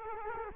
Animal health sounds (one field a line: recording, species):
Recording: mosquito wingbeat signal from an infrared sensor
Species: Culex quinquefasciatus